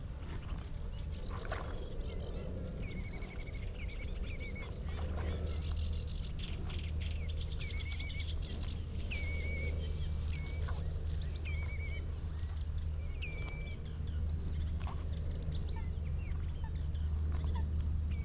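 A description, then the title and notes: Repeated short, clear whistled bird calls sound every second or so over a constant low rumble, with scattered clicks and faint duck-like notes. The Hoo Peninsula is a vast open landscape on the Thames Estuary. The mics (recording alone) were lodged in a hawthorn tree on Higham Marshes nature reserve and pointed out over a watery marsh. Close to the mics lapwings, redshank and cetti's warblers call, as well as geese and ducks that are familiar sounds to us urban dwellers. Skylarks circle above the farmland straight ahead on the other side of the marsh.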